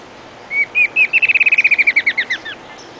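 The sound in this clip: Bird giving a high trill, a few separate notes speeding into a rapid run of downslurred chirps that slows and fades.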